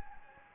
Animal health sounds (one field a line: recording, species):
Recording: mosquito wingbeat signal from an infrared sensor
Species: Anopheles gambiae